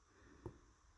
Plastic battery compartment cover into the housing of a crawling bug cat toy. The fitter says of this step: like that and it locks in place